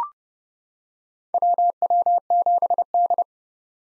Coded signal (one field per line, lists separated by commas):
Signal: Morse code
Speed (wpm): 30 wpm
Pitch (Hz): 700 Hz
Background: none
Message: WW7D